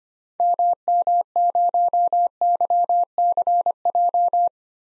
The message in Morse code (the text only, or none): MM0YCJ